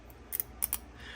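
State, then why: Seated. A steel surgical-style clamp from a tool haul is squeezed shut by its handles until the ratchet lock catches and holds it closed. Sharp metallic ratchet clicks are heard at about 0.3, 0.4, 0.6 and 0.7 seconds. The clamp ends up locked shut.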